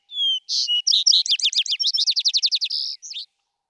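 Vesper sparrow singing: one clear whistle, then a quick jumble of notes that turns into a fast, even trill and ends with a short buzzy tail. Otherwise silent.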